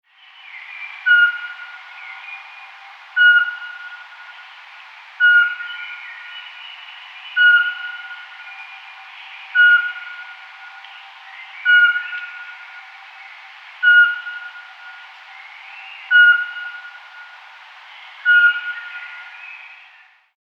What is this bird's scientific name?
Glaucidium passerinum